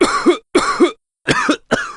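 Four deep, voiced, harsh and forceful cough bursts come in quick succession within two seconds, the last cut off at the end. A heavy, chesty adult cough in a quiet room.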